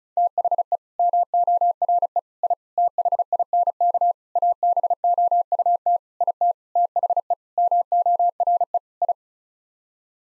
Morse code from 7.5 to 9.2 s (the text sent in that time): MORE I